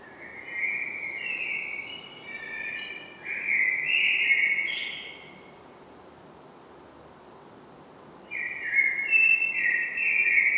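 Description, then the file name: Common blackbird song: long rich warbling phrases of low fluted notes with a rising squeaky flourish, a pause of a few seconds, then another mellow phrase begins. "Turdus merula"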